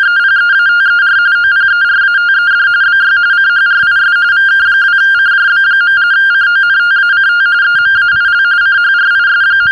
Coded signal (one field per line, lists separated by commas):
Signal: RTTY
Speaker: of course, for those of you watching this on YouTube, you could try decoding it.